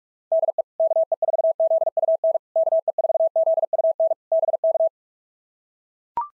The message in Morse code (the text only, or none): DE KE4ZUN KE4ZUN BK